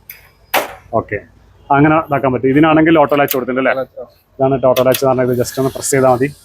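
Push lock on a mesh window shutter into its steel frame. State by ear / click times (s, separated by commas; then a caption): seated / 0.6 s. A fiber-mesh mosquito window shutter with a push lock is pushed closed into its steel frame. A faint tap at 0.1 s is followed by a sharp hit at 0.5 s as the push lock latches shut. Someone then talks.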